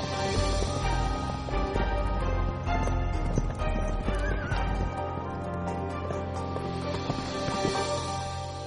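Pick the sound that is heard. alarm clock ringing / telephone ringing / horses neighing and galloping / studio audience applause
horses neighing and galloping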